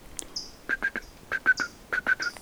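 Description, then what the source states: Cuban Tody calling with short clipped notes in quick clusters of two or three, mixed with thin, higher buzzy notes between the groups. Dense swampy forest on the Zapata Peninsula, Cuba; the bird is being lured closer.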